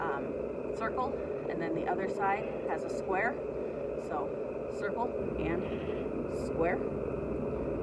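Someone talks while handling the two halves of a plastic sheep ear tag, one with a circle end and one with a square end, to load into tag applicator pliers, over a steady broadband background noise. Nothing has been pushed in or clicked into place yet.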